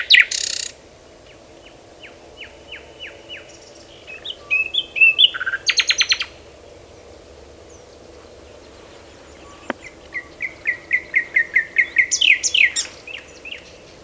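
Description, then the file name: Common nightingale singing separate phrases: a series of repeated sharp notes, a harsh buzzy burst, a pause, then a quickening run of notes ending in a buzz. "Luscinia megarhynchos"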